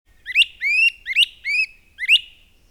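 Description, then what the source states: Great Crested Flycatcher giving loud, clear wheep calls: about five rising whistled notes in under three seconds, each sweeping upward, with otherwise quiet surroundings. Male heard at close range in a box elder tree on Father's Day, mid-morning; a bird much more often heard than seen.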